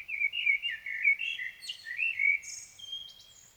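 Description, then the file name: Common blackbird singing a rich, flute-like warbled phrase with rising and falling notes, ending in a thin, high-pitched twitter and a squeaky whistle. "Turdus merula"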